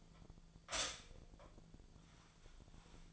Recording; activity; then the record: daily activity, microphone in the room; stop toaster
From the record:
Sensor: 5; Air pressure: 1009.4 hPa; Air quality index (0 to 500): 168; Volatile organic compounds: 4 ppm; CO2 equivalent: 1628 ppm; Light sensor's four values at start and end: 89/237/96/101 and 89/238/96/102